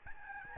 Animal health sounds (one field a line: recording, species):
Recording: mosquito wingbeat signal from an infrared sensor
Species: Aedes albopictus